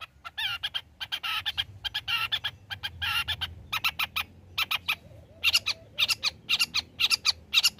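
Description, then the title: Long-tailed shrike song of harsh, buzzy phrases, then quick sharp chirps, delivered in dense, choppy bursts. Actively singing bird, used as a tutor song for training other birds. "Cendet Gacor Cocok Untuk Masteran"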